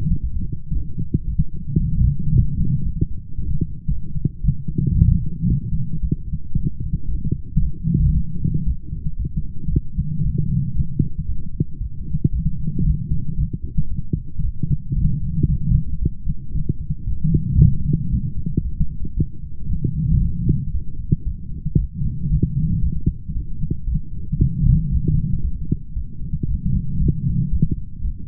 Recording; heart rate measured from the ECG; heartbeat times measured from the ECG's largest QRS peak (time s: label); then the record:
heart sounds by stethoscope; 114 bpm
0.20 s: heartbeat
0.72 s: heartbeat
1.25 s: heartbeat
1.77 s: heartbeat
2.30 s: heartbeat
2.82 s: heartbeat
3.35 s: heartbeat
3.88 s: heartbeat
4.41 s: heartbeat
4.94 s: heartbeat
5.46 s: heartbeat
5.99 s: heartbeat
6.52 s: heartbeat
7.06 s: heartbeat
7.59 s: heartbeat
8.11 s: heartbeat
8.64 s: heartbeat
9.16 s: heartbeat
9.69 s: heartbeat
10.21 s: heartbeat
10.73 s: heartbeat
11.25 s: heartbeat
11.78 s: heartbeat
12.30 s: heartbeat
12.83 s: heartbeat
13.35 s: heartbeat
13.88 s: heartbeat
14.41 s: heartbeat
14.93 s: heartbeat
15.46 s: heartbeat
15.98 s: heartbeat
16.51 s: heartbeat
17.04 s: heartbeat
17.57 s: heartbeat
18.09 s: heartbeat
18.62 s: heartbeat
19.14 s: heartbeat
19.66 s: heartbeat
20.19 s: heartbeat
20.71 s: heartbeat
21.23 s: heartbeat
21.75 s: heartbeat
22.28 s: heartbeat
22.80 s: heartbeat
23.32 s: heartbeat
23.84 s: heartbeat
24.37 s: heartbeat
24.89 s: heartbeat
25.41 s: heartbeat
25.93 s: heartbeat
26.45 s: heartbeat
26.97 s: heartbeat
27.49 s: heartbeat
28.01 s: heartbeat
From the record:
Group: healthy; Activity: light exercise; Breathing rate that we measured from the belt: 25 breaths a minute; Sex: female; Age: 32 years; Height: 172 cm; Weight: 71.7 kg